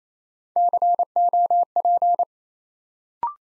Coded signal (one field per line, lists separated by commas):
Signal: Morse code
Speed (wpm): 28 wpm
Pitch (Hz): 700 Hz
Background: none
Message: COP